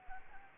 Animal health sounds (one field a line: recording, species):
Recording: mosquito wingbeat signal from an infrared sensor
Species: Anopheles arabiensis